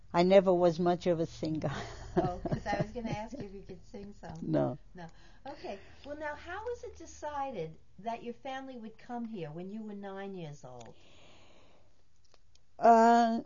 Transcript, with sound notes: I never was much of a singer [laughs]
Oh, because I was going to ask you if you could sing some.
No!
Okay, well now how was it decided that your family would come here when you were nine years old?